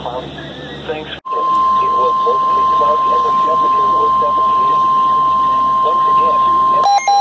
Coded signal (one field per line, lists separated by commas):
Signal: Emergency Alert System (SAME) tones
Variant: 1050 Hz attention tone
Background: speech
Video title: Celebrating 200 EAS Alerts! Going through all the past 200 EAS Alerts EAS #201-223 Part 4 of 4